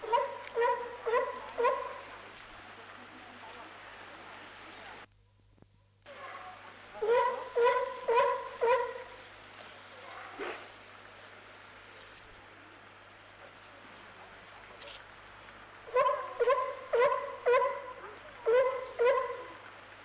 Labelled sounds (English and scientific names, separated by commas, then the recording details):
California Sea Lion (Zalophus californianus) call
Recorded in captivity
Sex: female
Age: adult
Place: Zoo Berlin, Berlin, DE
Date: 2004-09-17 14:33
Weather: sunny, 19°C
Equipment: Sony WM-D6C, Sennheiser ME 80, Kopie Uher 4000 Report Monitor
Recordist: Tembrock, Günter